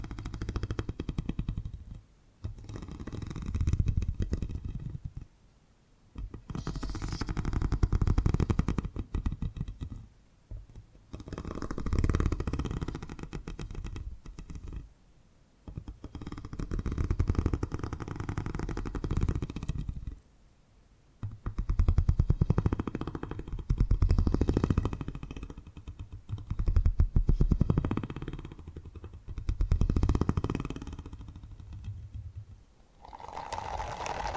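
Low, rumbling purring comes in long swells of two to four seconds, separated by short quiet breaks about every five seconds. The rumble is deep and grainy, with a faint buzzy edge, and a brief brighter hiss rises at the very end.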